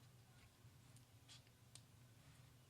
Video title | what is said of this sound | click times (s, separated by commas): 42mm Real Leather Single and Double Tour Band for Apple Watch by BRG | you just slide it on like that you'll feel it lock into place make sure you're locked in now | 1.8 s